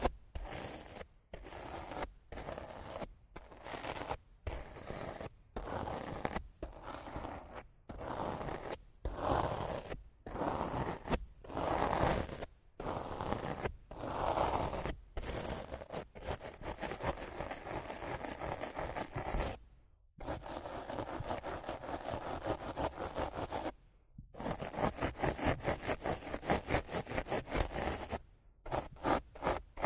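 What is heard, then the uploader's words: Rough scratching and brushing across a microphone, loud and full across all pitches. For the first twenty seconds it comes in regular strokes about every second, separated by short silences. After a clear gap near twenty seconds the rubbing turns faster and denser, with rapid rasping near the end. Rough Mic Scratching & Brushing (No Talking).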